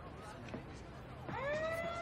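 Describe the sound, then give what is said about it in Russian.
An ambulance siren wails in about halfway through from an ambulance on the street, its loud, harmonic tone sweeping up and down in pitch over a steady murmur of background noise. “Ты слышишь? Все подходят к перилам.”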